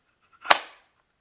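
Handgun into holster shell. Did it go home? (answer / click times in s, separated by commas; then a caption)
yes / 0.5 s. A handgun is pushed into a precision-fit polymer holster shell and seats with a single sharp click at 0.5 s, a bright broadband snap followed by a brief fading rattle. A faint small tick follows at about 1.0 s, and the gun is retained in the holster.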